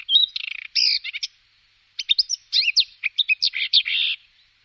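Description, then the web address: Marsh warbler singing: two fast bursts of varied chattering, buzzy and whistled notes with quick up-slurred elements, separated by a short pause. "Cursus Vogelzang Bosrietzanger"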